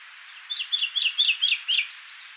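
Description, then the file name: Common chaffinch: a quick run of several bright, downward-slurred notes over about a second and a half, with a soft steady hiss behind. "Fringilla coelebs"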